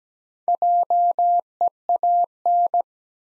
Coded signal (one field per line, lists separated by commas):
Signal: Morse code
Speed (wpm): 17 wpm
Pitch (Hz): 700 Hz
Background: none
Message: JEAN